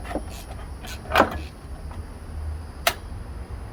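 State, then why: Seated. A sleeve is worked onto the clutch shaft of a Stihl MS310 chainsaw while the clutch assembly is being snugged up during a tune-up. A louder knock sounds at 1.2 s over a low steady hum. A sharp click at 2.9 s marks the sleeve popping into place, seated.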